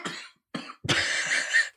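Three harsh coughing bursts in under two seconds: two short ones, then a longer, rougher, louder burst trailing off into a throat-clearing rasp. A plain cough picked up on a close microphone in a quiet room.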